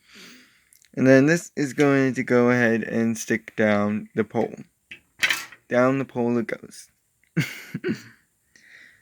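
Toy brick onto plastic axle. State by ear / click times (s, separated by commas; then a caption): seated / 4.9 s. A plastic construction-toy brick is slid down a plastic axle, or pole, while someone talks. It bottoms out and seats with a sharp, short click at 4.9 seconds.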